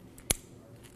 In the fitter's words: reconnect it you're going to push one in at a time and you should hear a click when it's connected